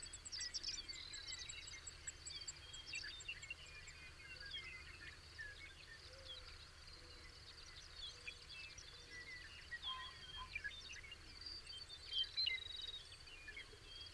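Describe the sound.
Bird chorus of many quick chirps and short whistles, thickly overlapping, above a steady high insect drone.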